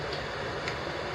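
A plastic jumper block is pushed onto the 24-pin power supply connector to bridge it for a Bitmain Antminer L3+ miner. Over a steady background hiss, a single short click sounds at 0.7 s as the block seats on the connector.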